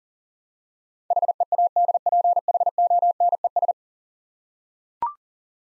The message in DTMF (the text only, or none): none